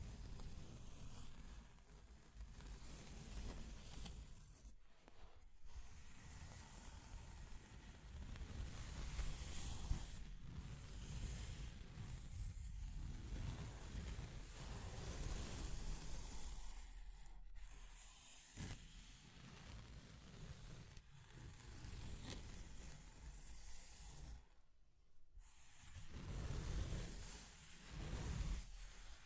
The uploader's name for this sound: Scratching and Tracing Sounds